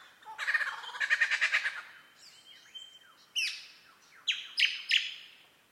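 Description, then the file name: Superb lyrebird song: a rapid buzzy rattle of repeated notes, then a pause and several sharp, high, descending whip-like notes with softer chirps between. Recorded at Mount Airly; date given as 30 May 2011. "SLB-mt airly"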